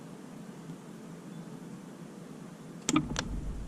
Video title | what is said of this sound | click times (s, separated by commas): How to Replace Spark Plugs on a T7 SAAB 9-3 or 9-5! | Of course, hold the torque wrench at the handle and tighten until it clicks. | 2.9 s